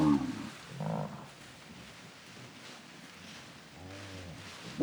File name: Patas no pasto do gado varios mugidos